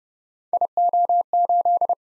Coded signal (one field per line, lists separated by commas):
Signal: Morse code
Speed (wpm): 31 wpm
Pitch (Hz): 700 Hz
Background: none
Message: IO8